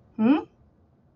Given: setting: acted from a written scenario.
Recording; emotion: vocal sound without words; confusion